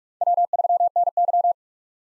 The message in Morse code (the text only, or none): W3NY